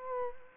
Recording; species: mosquito wingbeat signal from an infrared sensor; Culex quinquefasciatus